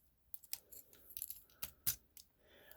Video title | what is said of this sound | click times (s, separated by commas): Shelf Space Review: MG Gundam Epyon | Oh, that just clicks into place. | 0.5 s